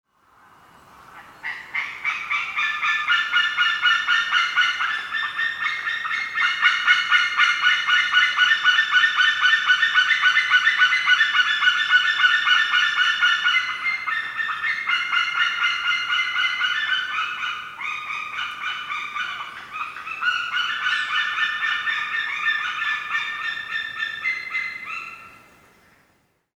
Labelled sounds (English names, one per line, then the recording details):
White-tailed Eagle
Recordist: Frommolt, Karl-Heinz
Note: Rufe eines Paares